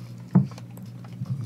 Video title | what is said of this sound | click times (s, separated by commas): Go GTS Live - August 13th, 2020 - Full Show | those just snap into place like that. | 0.4 s